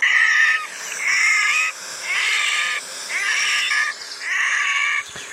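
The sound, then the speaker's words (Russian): A red-necked grebe gives a run of about five loud, harsh, crow-like caws, each drawn out and raspy with brief gaps between, no voices present. “Серощёкая поганка каркает просто как ворона.”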